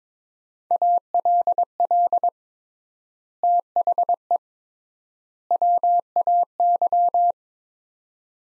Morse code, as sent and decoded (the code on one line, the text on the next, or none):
.- .-.. .-.. / - .... . / .-- .- -.--
ALL THE WAY